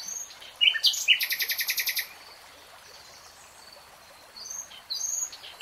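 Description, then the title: Nightingale delivering a few sharp chirps and then a quick rattling trill, followed by near silence and soft, thin whistles. Singing; from a 3-hour real-time recording. "[Tiếng chim hót] Nightingale Singing"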